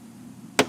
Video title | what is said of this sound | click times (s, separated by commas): 2020 Timber Ridge 23DBS Mountain Series by Outdoors RV - Technician Tour | should pop into place and that'll hold that thing closed while you travel | 0.6 s